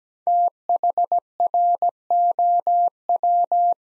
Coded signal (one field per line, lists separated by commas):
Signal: Morse code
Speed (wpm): 17 wpm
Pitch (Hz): 700 Hz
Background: none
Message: THROW